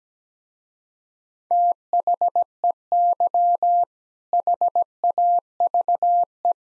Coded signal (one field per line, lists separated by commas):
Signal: Morse code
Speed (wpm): 17 wpm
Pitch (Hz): 700 Hz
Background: none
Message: THEY HAVE